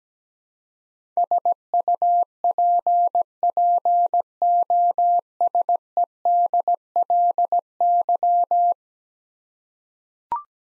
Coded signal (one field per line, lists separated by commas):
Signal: Morse code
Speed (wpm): 17 wpm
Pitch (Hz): 700 Hz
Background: none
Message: SUPPOSEDLY